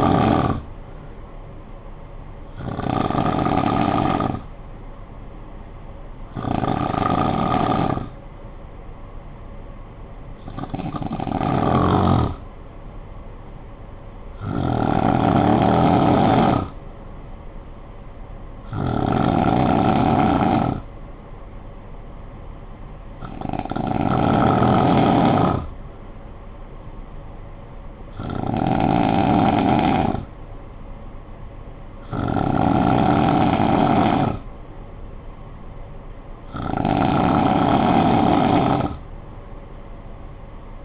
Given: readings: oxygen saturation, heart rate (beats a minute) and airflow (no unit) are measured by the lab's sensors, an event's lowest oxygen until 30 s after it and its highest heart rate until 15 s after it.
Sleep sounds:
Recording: breathing in sleep by a smartphone at the bedside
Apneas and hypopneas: 1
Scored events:
14.00-34.90 s: hypopnea (N2, oxygen 95% highest, then 91% lowest, heart rate 56 at the start, 62 highest)
From the record:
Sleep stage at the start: N2 (light sleep)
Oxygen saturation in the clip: 91 to 95%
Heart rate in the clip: 52 to 71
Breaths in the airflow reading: 10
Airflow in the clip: -8.3 to 4.3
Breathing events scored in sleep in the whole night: 445 in 7.6 hours asleep

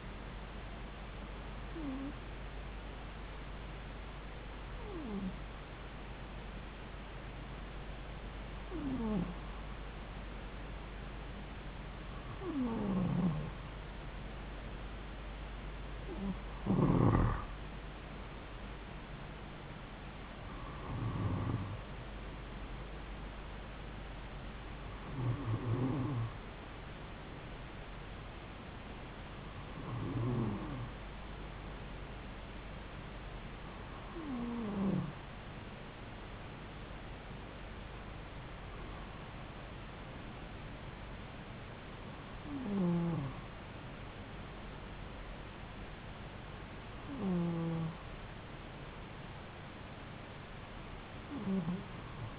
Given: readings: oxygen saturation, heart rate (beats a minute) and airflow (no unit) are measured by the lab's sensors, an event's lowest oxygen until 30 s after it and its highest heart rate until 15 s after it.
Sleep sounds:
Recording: breathing in sleep by a voice recorder at the bedside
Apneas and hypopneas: none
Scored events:
none scored
From the record:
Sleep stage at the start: N2 (light sleep)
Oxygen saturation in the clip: 93 to 95%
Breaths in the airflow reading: 12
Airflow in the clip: -3.2 to 4.1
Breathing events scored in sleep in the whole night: 270 in 6.1 hours asleep

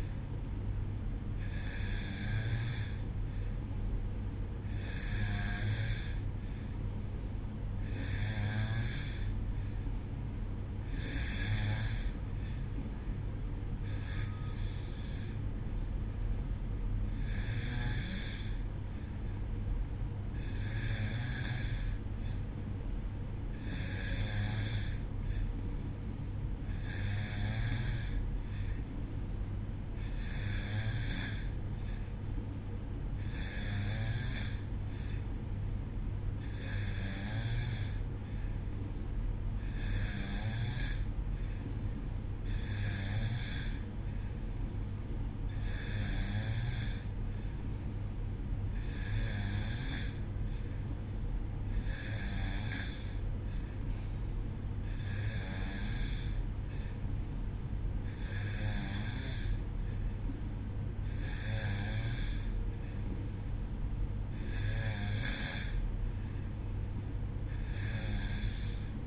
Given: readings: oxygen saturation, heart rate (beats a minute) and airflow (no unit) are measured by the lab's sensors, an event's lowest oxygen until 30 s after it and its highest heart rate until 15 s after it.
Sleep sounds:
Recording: breathing in sleep by a smartphone at the bedside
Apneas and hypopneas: none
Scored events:
none scored
From the record:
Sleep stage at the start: N2 (light sleep)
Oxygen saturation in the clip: 91%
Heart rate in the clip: 62 to 66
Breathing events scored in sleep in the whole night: 305 in 9.6 hours asleep

